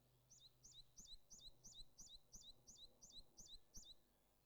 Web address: Parus minor song